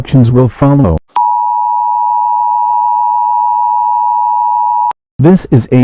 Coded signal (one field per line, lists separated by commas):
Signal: Emergency Alert System (SAME) tones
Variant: 853 and 960 Hz attention tone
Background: speech